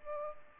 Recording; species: mosquito wingbeat signal from an infrared sensor; Aedes aegypti